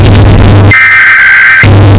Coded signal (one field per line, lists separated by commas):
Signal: Emergency Alert System (SAME) tones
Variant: header bursts